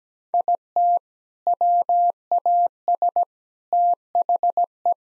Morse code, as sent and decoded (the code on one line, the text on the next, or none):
.. - / .-- .- ... / - .... .
IT WAS THE